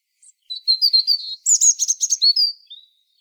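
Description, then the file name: European robin song: a brief phrase that opens with thin rising whistles, moves into a fast buzzy trill and finishes with a soft, falling whistled note. "Erithacus rubecula"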